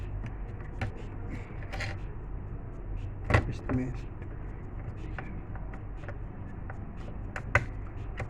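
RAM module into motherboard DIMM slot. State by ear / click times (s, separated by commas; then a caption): seated / 7.5 s. A memory module is pushed into a motherboard DIMM slot until the plastic retention clips on both ends snap shut, locking it from both sides. Someone talks over a steady background hum with scattered small taps, and a sharp click at 7.6 s marks the module seating and the latches locking.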